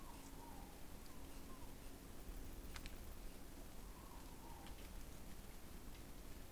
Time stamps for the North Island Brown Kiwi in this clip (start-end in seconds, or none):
none